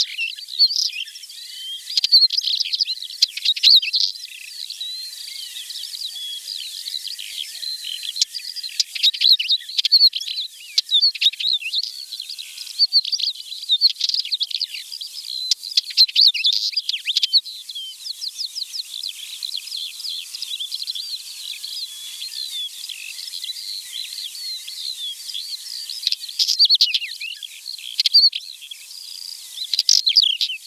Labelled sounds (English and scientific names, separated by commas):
Northern Wheatear (Oenanthe oenanthe) song